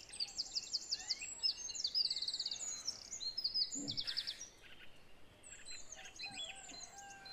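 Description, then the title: Song thrush singing crisp high phrases, each note group repeated several times in quick succession, with a brief low thud in the middle and faint background hiss. Recorded at 06:00. "Zanglijster 06h"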